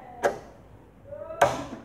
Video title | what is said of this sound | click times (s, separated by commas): How to use a domestic butterfly sewing machine/ Beginner guide | that's the click sound man | 1.4 s